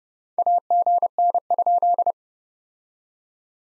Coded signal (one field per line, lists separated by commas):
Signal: Morse code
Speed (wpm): 29 wpm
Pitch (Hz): 700 Hz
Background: none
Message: AGN?